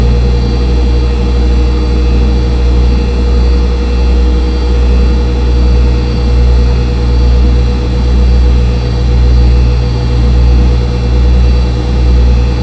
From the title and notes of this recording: Recording of encoding computers humming in WFMU's Studio C by Dan Bodah.